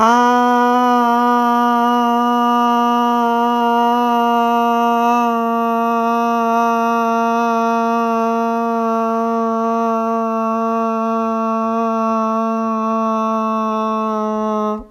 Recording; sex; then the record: sustained vowel /a/; female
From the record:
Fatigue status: no fatigue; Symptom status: asymptomatic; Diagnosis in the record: COVID-19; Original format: m4a